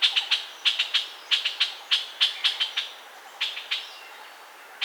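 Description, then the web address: Puff-throated bulbul, sharp clipped notes given in quick clusters of two or three, repeated several times against a quiet background. "Puff throated bulbul. صدای-بلبل-گلو-پفی"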